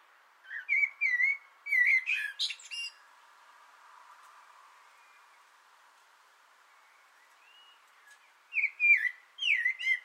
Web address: sammel Naturinspelningar Koltrast på antennen 2025 06 06